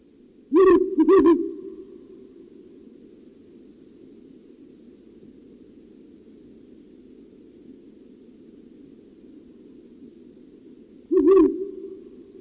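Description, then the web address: Ural owl giving deep hollow hoots, a paired hoot at the start, then a long gap and one more hoot, with faint steady background noise. "puszczyk uralski"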